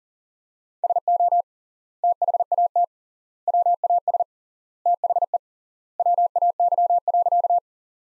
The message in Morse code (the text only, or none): SO THAT WAS THE WAY.